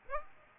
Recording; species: mosquito wingbeat signal from an infrared sensor; Aedes aegypti